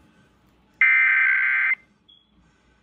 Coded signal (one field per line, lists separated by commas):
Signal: Emergency Alert System (SAME) tones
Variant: header bursts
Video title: Another KLOVE Weekly Test (EAS #9264) 12/17/22